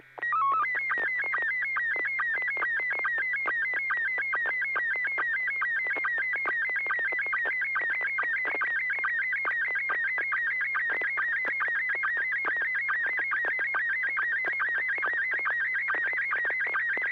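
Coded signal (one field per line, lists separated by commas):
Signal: SSTV (slow-scan television)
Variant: Scottie 1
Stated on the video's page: SSTV images exchanged on an amateur radio net via FM repeater on 441.300 MHz.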